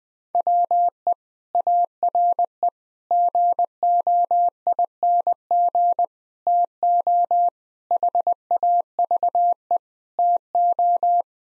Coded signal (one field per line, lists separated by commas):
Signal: Morse code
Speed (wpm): 20 wpm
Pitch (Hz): 700 Hz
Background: none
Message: WE ARE GOING TO HAVE TO